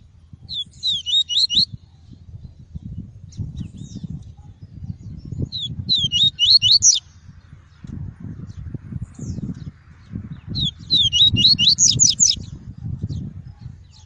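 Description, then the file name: Double-collared seedeater singing three short bursts of fast, high twittering notes a few seconds apart, over low rumbling background noise. Song of the "tui-tui" variety. "canto do papa capim tui tui"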